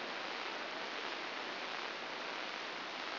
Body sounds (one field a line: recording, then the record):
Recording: brain microelectrode recording played as sound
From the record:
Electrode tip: outside the subthalamic nucleus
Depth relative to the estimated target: 3 mm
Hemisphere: right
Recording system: AlphaMap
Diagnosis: Parkinson's disease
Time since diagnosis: 12 years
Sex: female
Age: 47 years